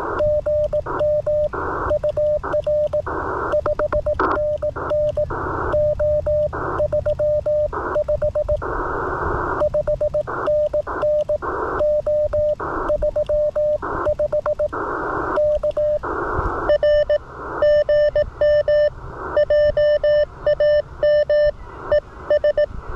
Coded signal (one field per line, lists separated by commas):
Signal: Morse code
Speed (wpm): 18 wpm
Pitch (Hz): 600 Hz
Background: radio noise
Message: GM UR 5NN O35 5NN O35 K R GM JAMES